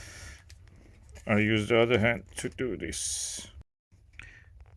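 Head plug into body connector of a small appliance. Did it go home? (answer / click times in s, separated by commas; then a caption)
yes / 4.2 s. A plug on the head of a small appliance is pushed by hand into the matching connector on its body, with the other hand doing the work. Someone talks, and then a sharp click is heard at 4.2 s. The click confirms the two parts are now connected.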